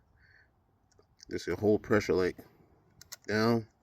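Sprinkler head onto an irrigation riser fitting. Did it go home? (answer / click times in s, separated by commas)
no / none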